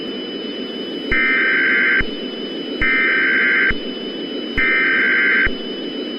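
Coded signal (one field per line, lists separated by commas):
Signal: Emergency Alert System (SAME) tones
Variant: header bursts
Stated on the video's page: Fictional EAS scenario of a cataclysmic Nibiru planetary impact at New Year.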